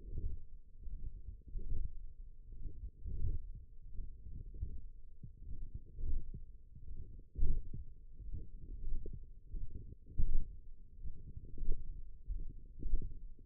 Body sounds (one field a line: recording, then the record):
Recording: forearm muscle sounds (acoustic myography)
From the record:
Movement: radial deviation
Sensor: system 1, eight BSWA MPA416 microphones around the upper forearm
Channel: 7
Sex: female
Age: 20 years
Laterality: right